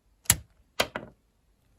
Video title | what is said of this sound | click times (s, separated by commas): Потрясающий LEGO 42184 Koenigsegg Jesko Absolut: Стоит своих денег! | откидывания назад автокресло цепляется за салатовую деталь происходит щелчок который | 0.3 s